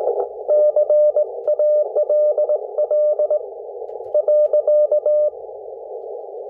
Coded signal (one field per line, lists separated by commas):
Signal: Morse code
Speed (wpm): 18 wpm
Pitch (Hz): 600 Hz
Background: none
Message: CALL .